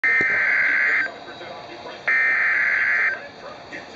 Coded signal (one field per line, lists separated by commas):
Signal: Emergency Alert System (SAME) tones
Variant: header bursts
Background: speech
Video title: Svr T'stm Warning (EAS #443)